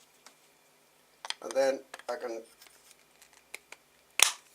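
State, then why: Seated. Someone talks while a mobile phone, used as a camera, is pushed into a 3D-printed plastic tripod mount holder, with a few faint ticks and taps along the way. At 4.2 s the phone snaps into place with a sharp, loud, good satisfying click, and it is seated in the mount.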